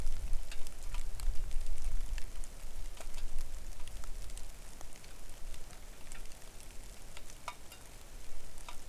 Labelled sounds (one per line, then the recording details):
wind
rain
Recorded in the Arctic National Wildlife Refuge, Alaska, on 3 August 2019 at 09:34
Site 41